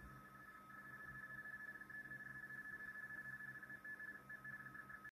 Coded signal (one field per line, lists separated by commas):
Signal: RTTY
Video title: XIEGU X6100 - R1CBU Soft in RTTY